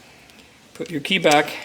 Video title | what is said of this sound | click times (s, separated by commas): Your BMW Key Fob Isn't Broken - Just Needs a New Battery CR2450 | snaps right in snaps right in the middle | 0.3 s